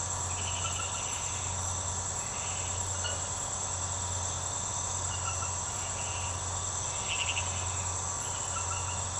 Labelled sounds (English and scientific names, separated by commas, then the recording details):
none
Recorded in secondary vegetation near Puerto Asís, Putumayo, Colombia, on 24 March 2025 at 23:30
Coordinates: 0.468, -76.324
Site G059